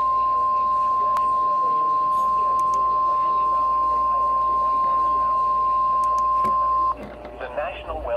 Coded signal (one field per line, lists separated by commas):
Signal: Emergency Alert System (SAME) tones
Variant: 1050 Hz attention tone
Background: speech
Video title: EAS/NWR Alert or message #330: 27th Severe Thunderstorm Warning